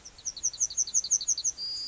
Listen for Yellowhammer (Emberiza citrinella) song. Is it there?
yes